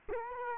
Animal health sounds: mosquito wingbeat signal from an infrared sensor; Culex quinquefasciatus

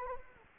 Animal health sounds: mosquito wingbeat signal from an infrared sensor; Anopheles gambiae

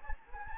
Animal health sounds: mosquito wingbeat signal from an infrared sensor; Anopheles gambiae

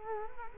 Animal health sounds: mosquito wingbeat signal from an infrared sensor; Culex quinquefasciatus

